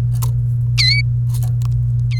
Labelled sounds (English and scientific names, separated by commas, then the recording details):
Domestic Canary (Serinus canaria) song
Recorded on 28 April 2018 at 06:48
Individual llb3